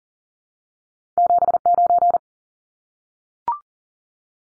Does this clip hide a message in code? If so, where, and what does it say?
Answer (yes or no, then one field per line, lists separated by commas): yes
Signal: Morse code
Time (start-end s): 1.2-2.2 s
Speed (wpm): 40 wpm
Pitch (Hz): 700 Hz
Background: none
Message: 79